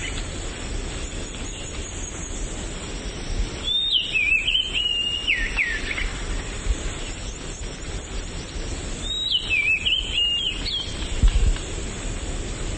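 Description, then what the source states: Oriental Magpie-Robin singing two sweet whistled phrases that tumble downward, the second a few seconds after the first, with constant low background noise. Subspecies Copsychus saularis musicus.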